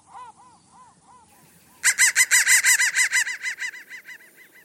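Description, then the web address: Crow calls: a few soft arched notes at first, then a loud, harsh, rapid burst of many grating caws, trailing off slightly at the end. "soundfactory crow 1"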